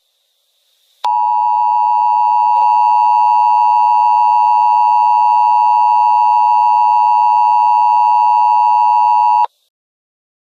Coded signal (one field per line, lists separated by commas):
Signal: Emergency Alert System (SAME) tones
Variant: 853 and 960 Hz attention tone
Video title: EAS Scenario #11: Green Blob